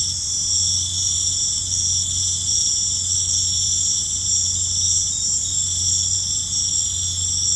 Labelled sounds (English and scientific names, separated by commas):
none